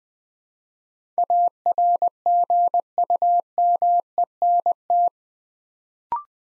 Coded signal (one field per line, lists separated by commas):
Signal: Morse code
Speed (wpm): 20 wpm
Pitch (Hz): 700 Hz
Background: none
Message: ARGUMENT